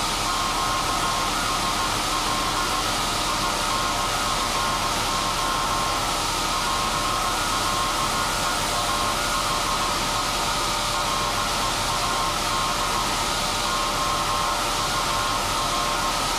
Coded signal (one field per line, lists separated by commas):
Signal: Morse code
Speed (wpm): 17 wpm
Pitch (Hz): 1070 Hz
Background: none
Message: QSL INFO PLEAHE READ OUR